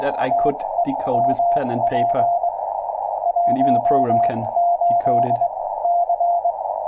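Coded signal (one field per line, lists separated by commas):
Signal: Morse code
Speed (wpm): 22 wpm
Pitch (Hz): 690 Hz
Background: speech, radio noise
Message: TEMP 18C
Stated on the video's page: Live-streamed CW practice by an operator getting back into CW, prone to mixing up numbers.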